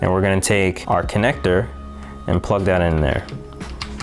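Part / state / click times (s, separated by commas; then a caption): GPS module cable connector into the GPS port of a cell signal booster / not seated / none. A GPS module cable connector is being handled at the GPS port on the top left corner of a cellular signal booster unit while someone talks. Two short, faint ticks come near the end, but nothing has seated or clicked yet.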